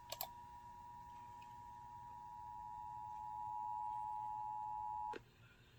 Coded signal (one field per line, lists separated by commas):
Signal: Emergency Alert System (SAME) tones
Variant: 853 and 960 Hz attention tone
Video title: SO CHEESEY (LIVESTREAM EAS #13) Wisconsin Statewide Required Monthly Test